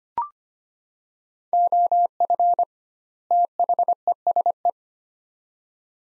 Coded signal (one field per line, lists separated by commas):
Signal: Morse code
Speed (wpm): 25 wpm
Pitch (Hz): 700 Hz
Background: none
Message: OF THESE